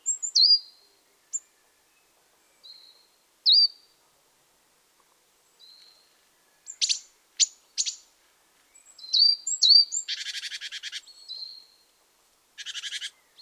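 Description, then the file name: Great tit giving a mix of high thin notes, sharp clicks and dry buzzy chattering rattles, scattered irregularly with silent gaps between. "Parus major"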